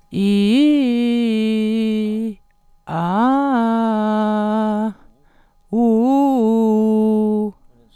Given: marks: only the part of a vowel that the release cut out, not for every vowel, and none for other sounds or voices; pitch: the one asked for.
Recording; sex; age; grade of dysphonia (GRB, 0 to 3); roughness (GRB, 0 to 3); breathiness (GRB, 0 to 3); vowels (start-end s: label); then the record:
sustained vowels; female; 40 to 49 years; 0; 0; 0
0.24-2.01 s: vowel /i/, low-high-low pitch
3.02-4.70 s: vowel /a/, low-high-low pitch
5.81-7.33 s: vowel /u/, low-high-low pitch
From the record:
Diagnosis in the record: healthy voice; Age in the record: 41 years